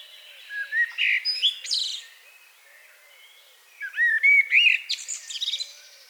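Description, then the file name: Common blackbird delivering two song phrases, each a mellow whistled warble topped with high chattering squeaks. "Turdus merula"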